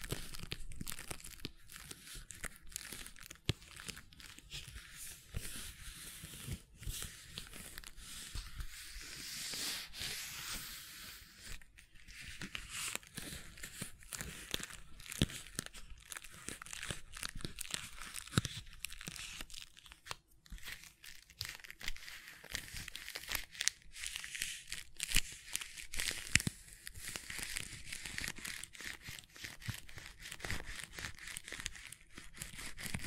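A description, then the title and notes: Gentle silicone sounds: a dense, continuous run of soft crinkly clicks and squishes with no real pauses. The texture stays bright and fizzy throughout, with slightly sharper snaps scattered at irregular moments and a brief lull around twenty seconds. ASMR Gentle Silicon Sounds for Sleep (No Talking).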